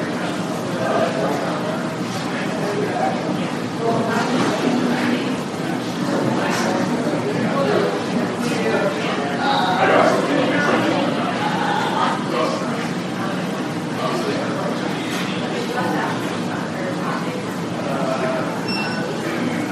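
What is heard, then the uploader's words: Hospital emergency room ambience with a steady, dense murmur of many overlapping voices throughout, no single speaker standing out for long. The level stays even across the twenty seconds, with a few brief higher tones and clatters scattered through the background. Hospital Emergency Room.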